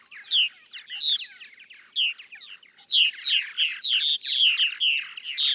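Purple martin gurgling song, rolling throaty warbles and chirps that pause briefly near the middle, then return stronger and more continuous.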